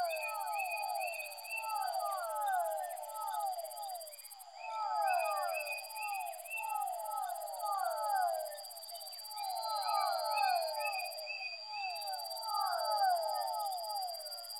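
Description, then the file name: Fischer's dwarf frog chorus, dense overlapping descending notes repeated without pause, over a constant high whine and rapid buzzy pulsing far above. Soundscape composition built from amphibian vocalizations. "soundscape with amphibian vocalizations of physalaemus fischeri"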